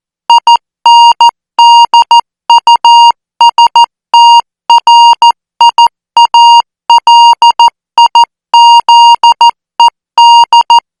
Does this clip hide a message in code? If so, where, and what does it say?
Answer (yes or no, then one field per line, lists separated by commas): yes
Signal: Morse code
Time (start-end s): 0.3-10.8 s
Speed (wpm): 14 wpm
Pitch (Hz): 940 Hz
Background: music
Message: INDUSTRIALIZED